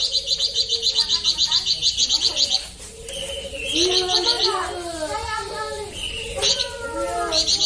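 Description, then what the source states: Streaked spiderhunter delivering rapid high chips in bursts, with descending whistled phrases and lower warbling notes in the gaps. Clear, long, lively song used as tutor material for training cage birds.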